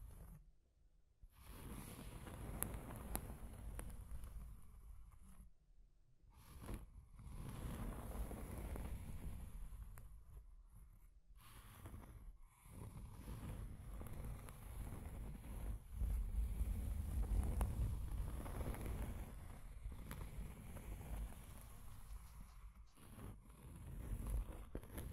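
Scratching and tracing across a surface, heavy and rumbling low, with rough grainy strokes running in long passes. The sound breaks off in short silences near 1, 6, 11 and 23 seconds, then resumes at a steady, dense level with occasional sharper scrapes.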